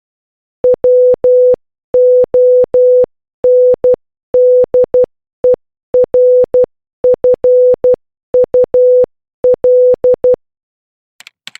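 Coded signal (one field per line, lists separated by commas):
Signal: Morse code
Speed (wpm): 12 wpm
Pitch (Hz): 500 Hz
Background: none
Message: WONDERFUL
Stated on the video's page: Morse code lesson on the letters A to Z.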